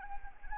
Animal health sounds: mosquito wingbeat signal from an infrared sensor; Anopheles arabiensis

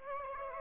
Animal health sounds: mosquito wingbeat signal from an infrared sensor; Aedes aegypti

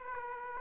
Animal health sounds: mosquito wingbeat signal from an infrared sensor; Aedes aegypti

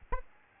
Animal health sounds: mosquito wingbeat signal from an infrared sensor; Aedes albopictus

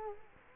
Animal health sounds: mosquito wingbeat signal from an infrared sensor; Culex quinquefasciatus

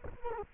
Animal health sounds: mosquito wingbeat signal from an infrared sensor; Culex quinquefasciatus

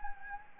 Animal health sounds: mosquito wingbeat signal from an infrared sensor; Anopheles gambiae

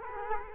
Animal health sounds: mosquito wingbeat signal from an infrared sensor; Culex quinquefasciatus

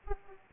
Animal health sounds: mosquito wingbeat signal from an infrared sensor; Aedes aegypti

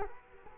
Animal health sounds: mosquito wingbeat signal from an infrared sensor; Culex quinquefasciatus

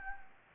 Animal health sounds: mosquito wingbeat signal from an infrared sensor; Anopheles gambiae

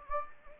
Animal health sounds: mosquito wingbeat signal from an infrared sensor; Anopheles gambiae

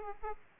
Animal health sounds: mosquito wingbeat signal from an infrared sensor; Aedes aegypti

